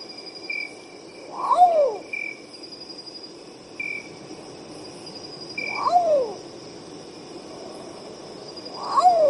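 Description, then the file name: Long-tailed potoo singing: three wailing, downward-sliding whistles spaced a few seconds apart, with a constant high insect drone and faint short higher tones between them. "canto do urutau pardo"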